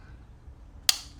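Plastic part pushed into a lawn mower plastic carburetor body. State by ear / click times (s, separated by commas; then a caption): seated / 0.9 s. A plastic part is pushed by hand into the plastic carburetor body of a small-engine lawn mower. After a quiet stretch, a single sharp, bright snap rings out at 0.9 s and fades quickly. The part snaps into place and is seated.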